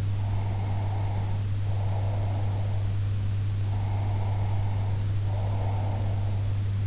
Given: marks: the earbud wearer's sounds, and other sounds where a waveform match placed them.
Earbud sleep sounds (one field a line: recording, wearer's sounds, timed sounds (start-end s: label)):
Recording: sounds in sleep by an in-ear microphone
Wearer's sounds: breath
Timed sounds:
0.21-2.79 s: breath
3.70-6.33 s: breath